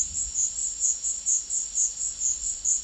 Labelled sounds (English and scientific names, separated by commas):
none